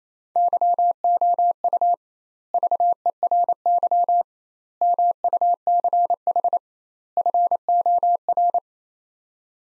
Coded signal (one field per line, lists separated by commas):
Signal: Morse code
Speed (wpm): 28 wpm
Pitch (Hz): 700 Hz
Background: none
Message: YOU VERY MUCH FOR